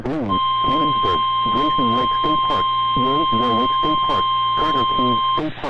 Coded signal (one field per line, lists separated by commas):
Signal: Emergency Alert System (SAME) tones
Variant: 1050 Hz attention tone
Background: speech